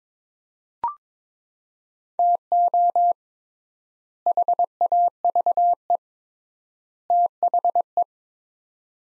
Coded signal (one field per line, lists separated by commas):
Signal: Morse code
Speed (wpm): 22 wpm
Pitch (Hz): 700 Hz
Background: none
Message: TO HAVE THE